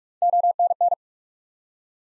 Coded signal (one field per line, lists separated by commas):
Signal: Morse code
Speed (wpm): 44 wpm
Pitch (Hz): 700 Hz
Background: none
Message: ONN